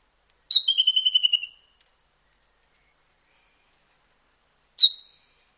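White-throated treecreeper giving a short rapid trill of high piping notes, then after a pause a single sharp high note.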